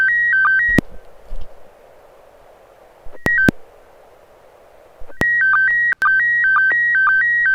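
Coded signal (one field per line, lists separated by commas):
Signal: SSTV (slow-scan television)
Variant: PD120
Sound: warbling steady tones hopping between two pitches with short low blips, interrupted by hiss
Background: radio static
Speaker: do you have a picture uh lined up and uh ready to send over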